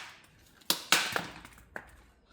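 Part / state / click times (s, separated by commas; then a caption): badge in van front grille / released / 0.7 s, 0.9 s. A Ford badge is pried and popped off the original front grille of a 2024+ Ford Transit Custom van. Sharp snaps ring out at 0.7 s and 0.9 s, followed by fainter ticks near 1.2 s and a crisp click at 1.8 s. The badge comes free of the grille.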